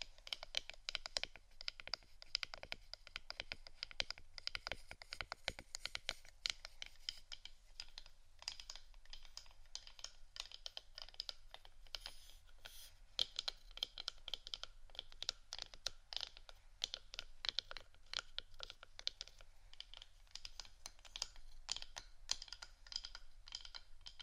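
Tapping and scratching on wooden items, a dense run of quick, dry clicks and scrapes that continues for the whole clip. The hits come fast and irregular, sharp and bright, with a faint low hum underneath and short lighter gaps around five to seven seconds.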